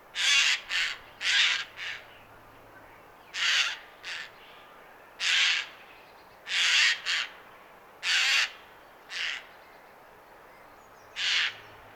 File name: Garrulus glandarius